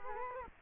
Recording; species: mosquito wingbeat signal from an infrared sensor; Culex quinquefasciatus